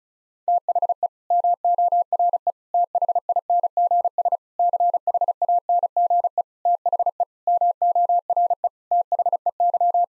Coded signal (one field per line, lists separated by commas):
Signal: Morse code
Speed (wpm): 34 wpm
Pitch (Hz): 700 Hz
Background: none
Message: THE MORE THINGS CHANGE THE MORE THEY